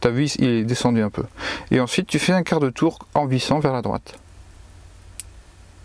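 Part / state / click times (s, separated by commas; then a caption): pod/cartridge into vape device body / seated / 5.2 s. A pod or cartridge is pushed into a vape device body and given a quarter turn to the right. Someone talks for the first four seconds, then a short, sharp click at 5.2 s marks it locking into place, seated.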